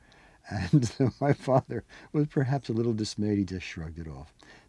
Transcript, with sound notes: And so my father (laughter) was perhaps a little dismayed just shrugged it off.